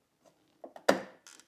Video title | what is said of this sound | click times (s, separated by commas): Harley Davidson 1991 FLHTCU gets LED lights .What a difference !!!! | So, yeah, that even pops right in. | 0.9 s